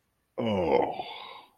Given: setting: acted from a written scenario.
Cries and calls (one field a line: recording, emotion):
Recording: vocal sound without words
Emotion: contempt